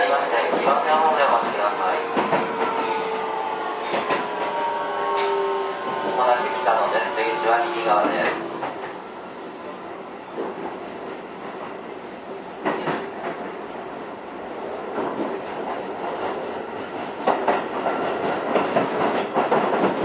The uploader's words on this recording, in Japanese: 京王9000系 高尾山口〜つつじヶ丘。快速つつじヶ丘行を録音。